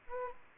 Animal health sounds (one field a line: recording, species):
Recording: mosquito wingbeat signal from an infrared sensor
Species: Anopheles gambiae